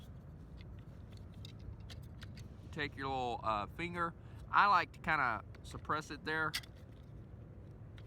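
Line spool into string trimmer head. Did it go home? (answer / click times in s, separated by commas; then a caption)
yes / 8.0 s. A plastic line spool is pressed into the head of an electric Black & Decker string trimmer, with the line held in its slot by a finger, and it slides down and locks into place. Light handling ticks come first, then someone talks, and a single short click sounds at 8.0 s as the spool seats.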